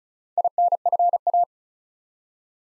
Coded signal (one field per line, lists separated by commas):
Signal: Morse code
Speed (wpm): 36 wpm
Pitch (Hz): 700 Hz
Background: none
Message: INFA